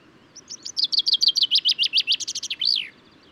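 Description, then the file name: Common chaffinch song: a bright, rapid series of short notes running into a trill and ending in a brief up-and-down flourish, all in under three seconds. Male song, recorded at Důl Bílého Labe, Czech Republic, on 22 May 2018. "180522 BIO cchaffin-coelebs-1-M-S cz dul-bileho-labe"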